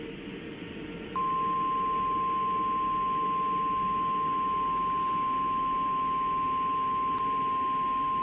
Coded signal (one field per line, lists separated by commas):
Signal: Emergency Alert System (SAME) tones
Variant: 1050 Hz attention tone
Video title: "A Distant Roar" - EAS Scenario